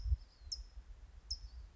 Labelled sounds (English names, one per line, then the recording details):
California Towhee
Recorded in Sonoma County, California